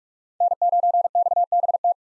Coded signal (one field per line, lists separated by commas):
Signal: Morse code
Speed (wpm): 41 wpm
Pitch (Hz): 700 Hz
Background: none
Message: N9XBT